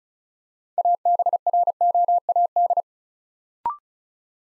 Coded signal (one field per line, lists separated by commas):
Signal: Morse code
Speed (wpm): 35 wpm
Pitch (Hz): 700 Hz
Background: none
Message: ABROAD